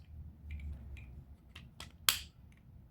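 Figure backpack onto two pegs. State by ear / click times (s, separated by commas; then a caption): seated / 2.1 s. A plastic toy backpack piece is plugged onto two pegs on the back of an action figure. A few faint plastic taps and scrapes at about 0.5, 1.0, 1.6 and 1.8 s lead into one sharp, bright snap at 2.1 s. The backpack seats firmly and will not move.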